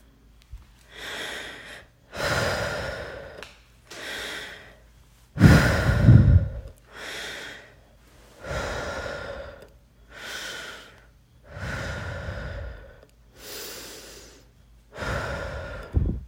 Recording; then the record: deep breathing after running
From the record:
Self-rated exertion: vigorous exertion (4 of 6); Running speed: 6 miles an hour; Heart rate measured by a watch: 96 beats a minute at the start, 114 at the end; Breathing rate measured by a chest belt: 20 breaths a minute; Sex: female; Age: 18 years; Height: 171 cm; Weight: 75 kg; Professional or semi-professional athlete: no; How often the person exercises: 1 to 2 times a week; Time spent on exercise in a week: under 1 hour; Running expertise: no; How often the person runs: 1 to 2 times a week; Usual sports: running, fencing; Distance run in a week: 3 km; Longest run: 21.3 km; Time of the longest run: 190 minutes